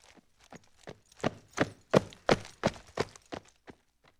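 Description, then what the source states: Horse trotting on dirt, about a dozen dull hoofbeats in a steady rhythm, rising to a peak and then fading away. Trotting on dirt; the recording passes by three times.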